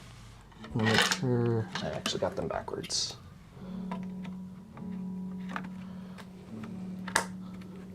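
A memory stick is handled and pressed toward a motherboard DIMM slot, which takes some force, while someone talks over music playing underneath. A few faint ticks of handling are heard, but the module has not seated or clicked in yet.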